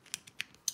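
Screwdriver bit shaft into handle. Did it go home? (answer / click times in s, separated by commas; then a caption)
yes / 0.7 s. A metal bit shaft is pushed into a screwdriver handle, making several small sharp hits at about 0.1, 0.3, 0.4 and 0.5 seconds. The last and loudest click, at 0.7 seconds, is where it locks in, not very firmly but enough to drive screws.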